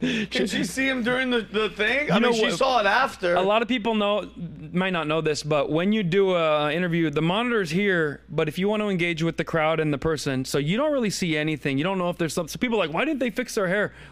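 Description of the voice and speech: One adult speaks in a quick, fluent conversational monologue with lively pitch and only brief pauses in a small, quiet room. Voice quality and articulation are clear and ordinary, with no blocks, repetitions or slurring.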